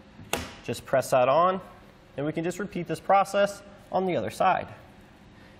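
A plastic end cap is pressed onto the end of an aluminum Thule WingBar Evo roof crossbar on a 2019 Honda HR-V and snaps into place with one sharp snap at 0.3 s. After the snap, someone talks for the rest of the clip, and the cap is seated.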